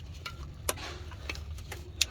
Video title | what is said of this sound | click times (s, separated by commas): 2000 Honda Crv Oxygen sensor bank 1 sensor 1 replacement p0135 | make sure you hear it clip try pulling it back if it doesn't pop out then you're good | 2.0 s